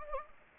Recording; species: mosquito wingbeat signal from an infrared sensor; Anopheles gambiae